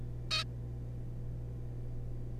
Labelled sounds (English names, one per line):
Zebra Finch